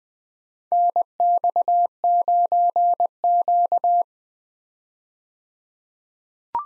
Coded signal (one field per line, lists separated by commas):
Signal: Morse code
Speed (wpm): 21 wpm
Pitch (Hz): 700 Hz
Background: none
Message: NX9Q